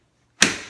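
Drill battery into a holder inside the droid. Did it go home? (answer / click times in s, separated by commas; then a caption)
yes / 0.4 s. A lithium-ion drill battery is dropped through the droid's pocket vent into its holder inside the droid. After a near-silent start, a single sharp click at 0.4 s rings out and decays over the rest of the clip. The battery clicks home and is seated in its mount.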